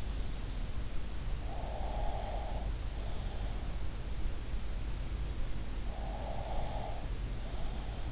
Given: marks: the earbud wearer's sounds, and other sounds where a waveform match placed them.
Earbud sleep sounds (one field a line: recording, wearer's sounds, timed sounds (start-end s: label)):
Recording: sounds in sleep by an in-ear microphone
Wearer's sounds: breath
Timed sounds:
1.55-3.72 s: breath
5.94-8.12 s: breath